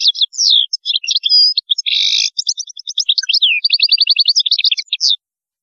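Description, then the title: European goldfinch song, a continuous rapid twitter of bright, tinkling notes and buzzy trills running for about five seconds, then stopping. "Chant Chardonneret"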